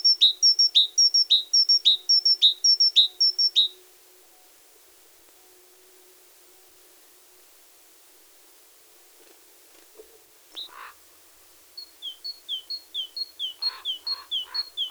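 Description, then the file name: Great tit singing bright two-note phrases in rapid repetition, a long pause with a few soft notes, then a new strophe of paired descending notes begins. "Parus major"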